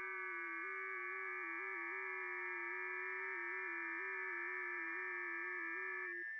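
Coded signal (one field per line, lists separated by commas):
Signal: FT8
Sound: chorus of many steady warbling tones at once, like a soft organ chord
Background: radio static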